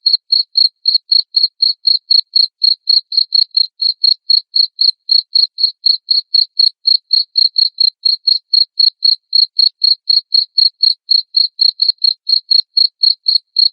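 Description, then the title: Cricket calling with an unbroken train of loud, short, high-pitched chirps, about four every second throughout. Loud chirping cricket sound used to stimulate lovebirds into singing continuously. "Suara JANGKRIK NGERIK Keras Bikin LOVEBIRD Jadi NGEKEK Terus"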